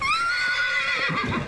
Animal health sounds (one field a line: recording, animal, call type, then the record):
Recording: contact call of a hoofed animal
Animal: horse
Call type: whinny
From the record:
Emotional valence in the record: negative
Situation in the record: group separation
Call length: 1.48 s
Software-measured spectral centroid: 2620 Hz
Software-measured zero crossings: 3560 a second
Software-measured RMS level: -24 dBFS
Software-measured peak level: -12 dBFS